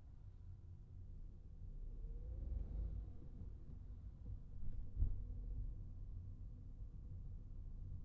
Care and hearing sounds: everyday scene through a hearing-aid microphone; in a vehicle; engine, traffic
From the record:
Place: Skoda Fabia, gasoline engine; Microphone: behind the ear, right, front

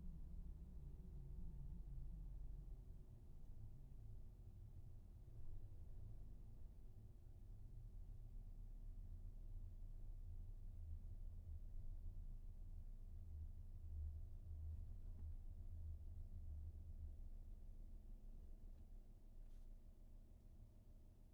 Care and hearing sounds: everyday scene through a hearing-aid microphone; in a vehicle; engine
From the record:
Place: VW T5 Caravelle, diesel engine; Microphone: behind the ear, right, front

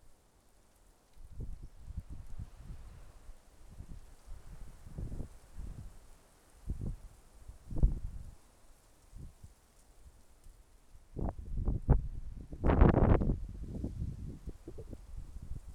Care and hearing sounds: everyday scene through a hearing-aid microphone; wind on the microphone; wind, traffic, birds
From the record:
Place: suburban garden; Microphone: behind the ear, left, rear

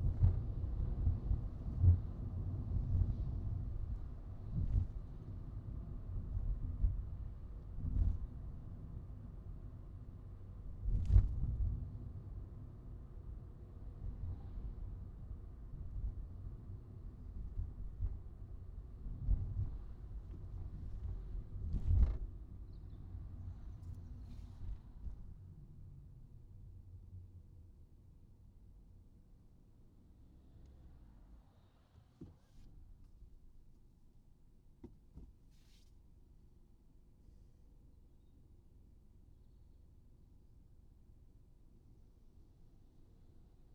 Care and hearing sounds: everyday scene through a hearing-aid microphone; in a vehicle; engine, highway traffic jam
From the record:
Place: Skoda Fabia, gasoline engine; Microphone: in the ear canal, right

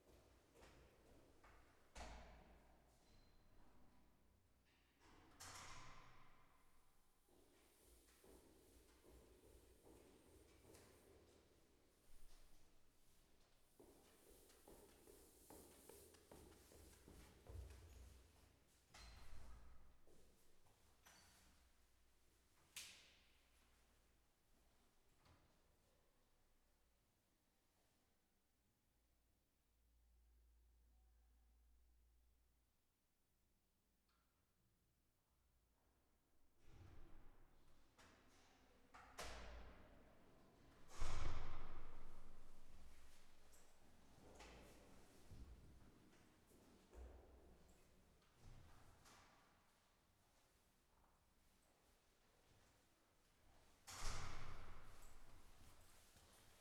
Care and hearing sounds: everyday scene through a hearing-aid microphone; reverberant space; background noise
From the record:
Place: staircase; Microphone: behind the ear, left, rear

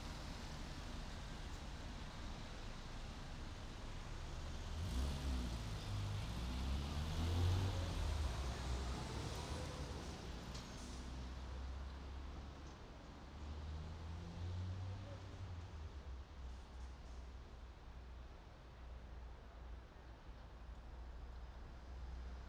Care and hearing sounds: everyday scene through a hearing-aid microphone; in traffic; traffic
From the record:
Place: main city hub, rush hour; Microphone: in the ear canal, right

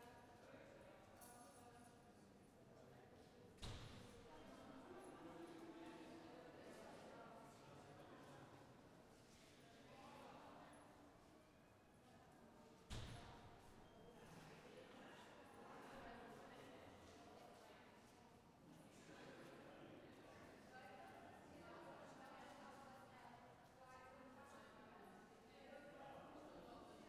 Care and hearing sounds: everyday scene through a hearing-aid microphone; reverberant space; background noise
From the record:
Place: railway station hall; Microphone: behind the ear, left, front

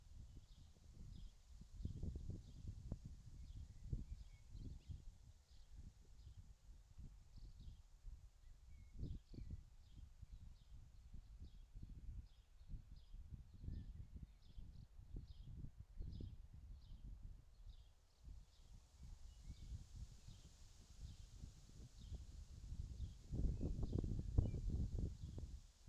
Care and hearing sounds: everyday scene through a hearing-aid microphone; wind on the microphone; wind, birds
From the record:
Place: in front of a rural house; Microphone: in the ear canal, left

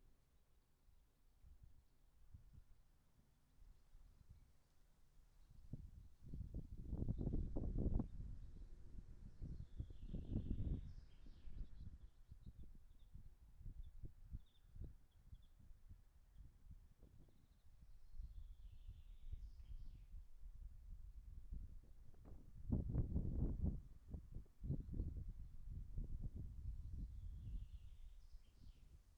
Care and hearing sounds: everyday scene through a hearing-aid microphone; wind on the microphone; gentle breeze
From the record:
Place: in front of a rural house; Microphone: behind the ear, right, rear

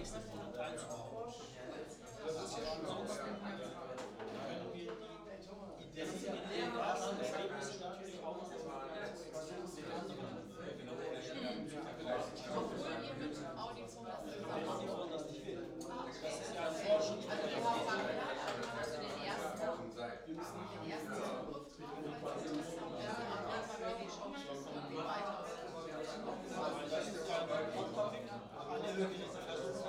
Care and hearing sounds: everyday scene through a hearing-aid microphone; many people talking; many voices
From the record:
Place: bistro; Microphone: in the ear canal, right

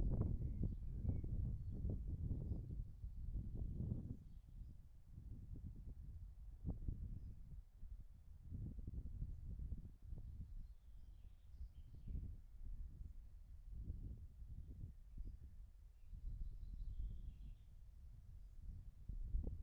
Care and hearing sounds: everyday scene through a hearing-aid microphone; wind on the microphone; wind, birds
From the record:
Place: in front of a rural house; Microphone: behind the ear, right, rear

